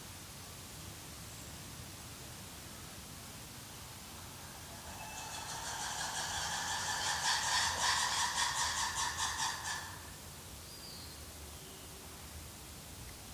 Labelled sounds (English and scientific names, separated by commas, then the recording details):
Black-and-white Ruffed Lemur (Varecia variegata)
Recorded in captivity
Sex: group
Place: Tierpark Berlin, Berlin, DE
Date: 2003-09-19 14:30
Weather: sonnig, 24°C
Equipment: Fair Mate ST-1328 (Asahi Electronics, Japan), Sennheiser ME 80, Kopie Uher 4000 Report Monitor
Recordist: Tembrock, Günter
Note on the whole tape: Schwarzweißer Vari (V.v.variegata): Gruppe im Haus: Gruppenrufe zusammenhängend aufgenommen. Starkes Grundrauschen